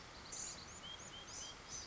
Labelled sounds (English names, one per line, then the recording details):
Blue-gray Gnatcatcher
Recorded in Sonoma County, California